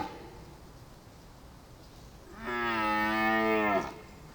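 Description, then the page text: Red deer giving a single deep, drawn-out moaning roar with rich harmonics, lasting just over a second after a quiet start. Red deer roar in a forest during the mating season. "Звук оленя в лесу. Рёв красного оленя"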